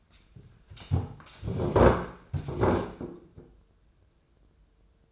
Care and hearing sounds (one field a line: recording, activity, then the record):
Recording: daily activity, microphone in the room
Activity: sit down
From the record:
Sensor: 2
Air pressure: 995.8 hPa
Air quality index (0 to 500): 241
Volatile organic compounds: 1000 ppm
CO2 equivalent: 5941 ppm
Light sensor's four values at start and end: 25/61/27/30 and 27/65/29/32